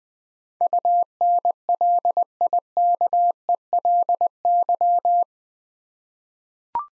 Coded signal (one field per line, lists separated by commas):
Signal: Morse code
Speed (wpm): 20 wpm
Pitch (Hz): 700 Hz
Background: none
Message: UNLIKELY